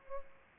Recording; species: mosquito wingbeat signal from an infrared sensor; Culex pipiens